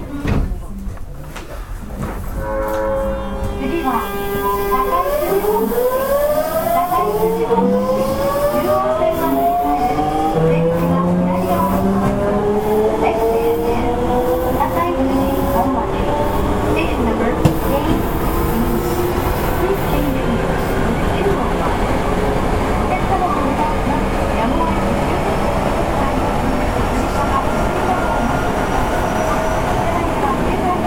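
An Osaka municipal subway 66 series train pulls away, its motor whine sweeping upward in several stacked tones over the first fifteen seconds as it accelerates. After that, a dense, steady rumble and hiss of running holds evenly to the end.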